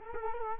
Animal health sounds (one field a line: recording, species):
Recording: mosquito wingbeat signal from an infrared sensor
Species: Culex quinquefasciatus